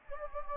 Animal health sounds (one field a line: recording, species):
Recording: mosquito wingbeat signal from an infrared sensor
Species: Anopheles gambiae